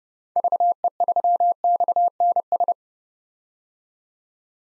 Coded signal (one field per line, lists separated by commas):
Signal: Morse code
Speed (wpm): 30 wpm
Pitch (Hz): 700 Hz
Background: none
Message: VE3XNS